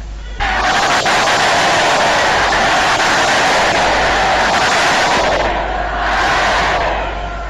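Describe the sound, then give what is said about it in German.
A large crowd cheers in a loud, continuous roar for about seven seconds, easing briefly near the end before swelling again; no one speaks over it. “So wie ihr, meine Volksgenossen, hier jubelt und euch freut, so habe ich in diesen knapp 14 Tagen die Menschen gesehen.”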